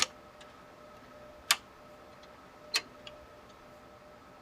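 A graphics card is pressed with a little pressure into the motherboard's PCI Express slot until the slot's retention latch clicks at 1.5 s, seating the card. Other short ticks come at about 0.0 s, 2.8 s and 3.1 s over a quiet, steady background hum.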